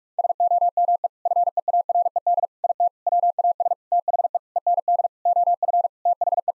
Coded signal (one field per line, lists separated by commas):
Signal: Morse code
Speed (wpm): 46 wpm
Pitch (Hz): 700 Hz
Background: none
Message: SOME FEARED IT WAS THE END OF THE